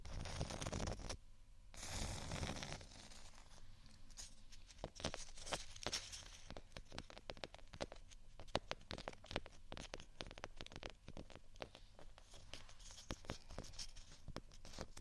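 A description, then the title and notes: Scratching and tapping on textured items, opening with a dense rasping scrape that ends near two seconds in a dull thud. After that come quick, uneven bursts of scratches and sharp taps, bright and crackly, packed closely through to the end. Scratch & Tap On Textured Items & Beat.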